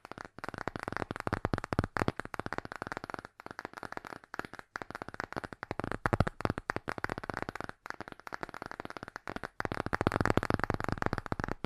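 Fast tapping plays for the whole twelve seconds, a dense run of quick, crisp clicks that sound close to shuffling cards or light cracks. The pace stays rapid and fairly even, broken by a few brief pauses near three, eight and nine seconds.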